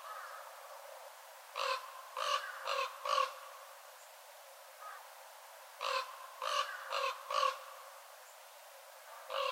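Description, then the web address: Northern raven giving harsh, hoarse caws in two bursts of four, separated by a pause with a softer single note, then another caw at the end. "watarigarasu"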